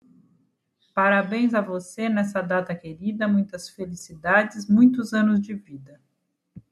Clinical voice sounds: short text; Brazilian Portuguese; female; 40 to 49 years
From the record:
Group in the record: control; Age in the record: 48 years

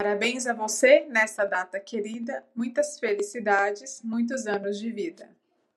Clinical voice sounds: short text; Brazilian Portuguese; female; 30 to 39 years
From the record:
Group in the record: control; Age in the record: 30 years

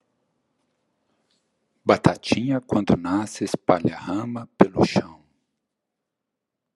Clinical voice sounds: short text; Brazilian Portuguese; male; 50 to 59 years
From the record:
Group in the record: control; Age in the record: 58 years

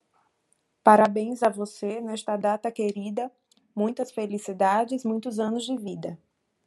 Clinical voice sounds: short text; Brazilian Portuguese; female; 30 to 39 years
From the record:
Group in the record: control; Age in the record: 37 years

